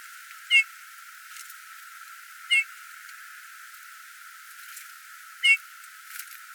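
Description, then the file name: Eurasian bullfinch making three soft piping calls separated by two to three seconds of near silence, with faint background noise. "Pyrrhula pyrrhula"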